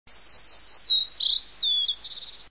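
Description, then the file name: Blue-and-white flycatcher song: a run of high, clear whistled notes drifting slightly downward, followed by a short twisted note, a lower whistle, then a harsh buzzy ending over faint background hiss. "ooruri"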